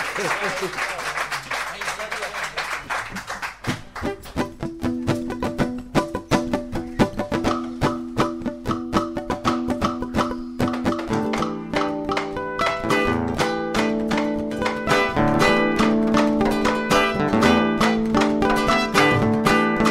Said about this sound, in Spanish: Un agradecido de poder tocar con una cuerda de candombe, de poder acompañar a una cuerda de candombe, porque no todos los días se da, así que un aplauso para estos chicos que van a poner lo mejor de sí para que esto suene a candombe.